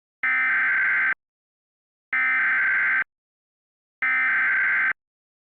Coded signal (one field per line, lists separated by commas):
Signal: Emergency Alert System (SAME) tones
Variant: header bursts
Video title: IT: The EAS Scenario